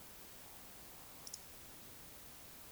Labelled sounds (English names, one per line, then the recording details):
Eurasian Woodcock whistle
Eurasian Woodcock croak
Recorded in Baden-Württemberg, Germany, on 20 May 2021 at 19:53 UTC
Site 24606, 635 m above sea level